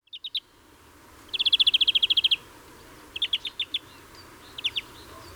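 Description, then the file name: European greenfinch: a few quick chirps, then a long rapid trill, followed by spaced groups of a few sharp notes. "Chloris chloris"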